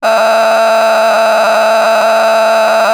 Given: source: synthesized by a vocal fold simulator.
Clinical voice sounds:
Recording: sustained vowel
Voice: female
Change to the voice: a random mix of aspiration noise, stiffness perturbation and strain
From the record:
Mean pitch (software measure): 222 Hz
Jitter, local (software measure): 3.96%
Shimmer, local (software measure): 8.5%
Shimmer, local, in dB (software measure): 0.68 dB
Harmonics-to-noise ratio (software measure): 8.1 dB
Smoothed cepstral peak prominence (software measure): 10.9 dB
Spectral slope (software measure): -16.2 dB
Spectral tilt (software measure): -8.7 dB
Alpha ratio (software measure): -6.7 dB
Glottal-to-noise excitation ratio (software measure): 0.913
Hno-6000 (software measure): 1.6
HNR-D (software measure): 28.2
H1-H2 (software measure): -3.2 dB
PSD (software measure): 1.1e-03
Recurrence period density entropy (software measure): 0.128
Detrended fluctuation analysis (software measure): 0.0093

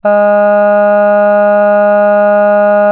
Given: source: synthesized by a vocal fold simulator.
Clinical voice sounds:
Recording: sustained vowel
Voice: female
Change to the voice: none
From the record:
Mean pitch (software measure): 206 Hz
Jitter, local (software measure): 0.19%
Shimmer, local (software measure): 1.5%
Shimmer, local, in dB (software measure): 0.13 dB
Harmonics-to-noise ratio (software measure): 31.8 dB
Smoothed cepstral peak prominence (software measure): 18.9 dB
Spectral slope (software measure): -21.9 dB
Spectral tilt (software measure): -8.6 dB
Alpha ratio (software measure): -12.4 dB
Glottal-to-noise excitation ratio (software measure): 0.975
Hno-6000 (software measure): 2.4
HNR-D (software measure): 40.1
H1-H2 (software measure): 9.5 dB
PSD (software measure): 1.8e-05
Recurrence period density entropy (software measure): 0.130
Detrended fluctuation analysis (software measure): 0.0274

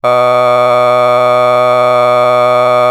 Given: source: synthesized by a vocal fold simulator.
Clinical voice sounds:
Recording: sustained vowel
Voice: male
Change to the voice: a random mix of aspiration noise, stiffness perturbation and strain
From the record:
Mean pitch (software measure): 123 Hz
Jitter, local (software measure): 0.76%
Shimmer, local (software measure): 3.8%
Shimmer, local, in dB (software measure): 0.34 dB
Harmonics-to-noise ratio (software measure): 19.9 dB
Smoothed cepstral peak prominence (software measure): 21.2 dB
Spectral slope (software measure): -14.2 dB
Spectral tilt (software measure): -9.5 dB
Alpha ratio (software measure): -4.6 dB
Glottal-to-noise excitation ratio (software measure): 0.995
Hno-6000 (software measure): 2.0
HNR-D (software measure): 30.2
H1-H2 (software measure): 1.1 dB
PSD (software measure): 7.7e-05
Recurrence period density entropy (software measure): 0.111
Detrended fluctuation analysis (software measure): 0.0302

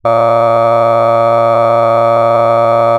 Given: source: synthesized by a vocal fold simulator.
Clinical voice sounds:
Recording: sustained vowel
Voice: male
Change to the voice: cycle-to-cycle stiffness perturbation (roughness), level 6 of 10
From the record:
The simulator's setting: 3.46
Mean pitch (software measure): 115 Hz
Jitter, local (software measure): 1.66%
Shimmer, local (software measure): 6.6%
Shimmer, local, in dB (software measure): 0.60 dB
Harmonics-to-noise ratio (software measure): 15.1 dB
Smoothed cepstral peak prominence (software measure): 19.3 dB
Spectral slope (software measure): -17.0 dB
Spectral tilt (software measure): -11.8 dB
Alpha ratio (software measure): -7.5 dB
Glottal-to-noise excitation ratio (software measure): 0.994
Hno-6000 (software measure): 2.4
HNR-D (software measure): 22.2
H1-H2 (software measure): 5.0 dB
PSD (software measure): 1.2e-04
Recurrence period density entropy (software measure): 0.107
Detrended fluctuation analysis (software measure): 0.0557

